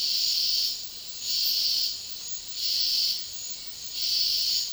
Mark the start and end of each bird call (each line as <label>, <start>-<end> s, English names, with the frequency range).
White-shouldered Antbird (1.4-2.3 kHz), 2.55-4.72 s